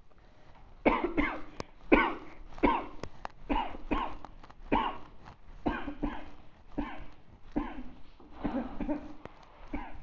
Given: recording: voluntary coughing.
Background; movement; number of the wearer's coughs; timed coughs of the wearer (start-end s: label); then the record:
quiet; sitting; 14
0.83-1.11 s: cough
1.15-1.48 s: cough
1.89-2.18 s: cough
2.61-2.96 s: cough
3.48-3.79 s: cough
3.88-4.19 s: cough
4.69-5.05 s: cough
5.64-5.97 s: cough
6.01-6.33 s: cough
6.76-7.09 s: cough
7.54-7.94 s: cough
8.42-8.68 s: cough
8.78-9.08 s: cough
9.57-9.98 s: cough
From the record:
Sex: female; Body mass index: 36.4 kg/m2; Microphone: on the chest, facing outward